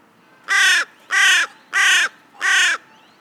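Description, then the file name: Carrion crow giving four harsh, hoarse caws in a steady series, each about a third of a second long, spaced roughly evenly. "Corvus corone"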